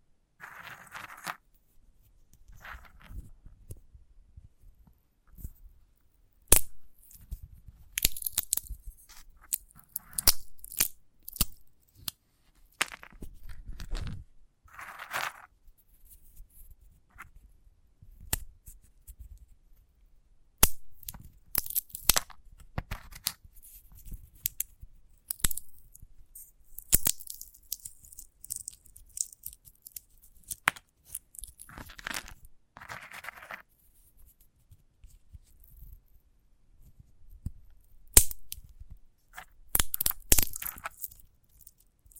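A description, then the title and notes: Dry crackling, tearing and crunching from a sunflower head being handled, in irregular bursts with sharp clicks and brief quiet gaps throughout. ASMR of a Sunflower Head (No Talking).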